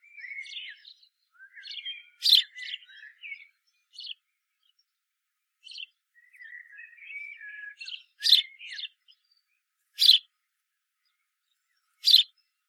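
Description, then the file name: House sparrow chirps, loud harsh notes spaced irregularly, mixed with softer twittering and thin whistled phrases around them. "Passer domesticus"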